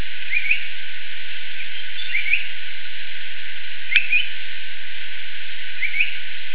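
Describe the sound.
Yellow-browed bulbul giving short, clipped chirping notes, one roughly every two seconds, four in all, over a quiet hiss.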